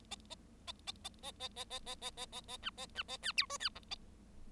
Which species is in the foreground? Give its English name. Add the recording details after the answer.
Bengalese Finch. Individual Bird7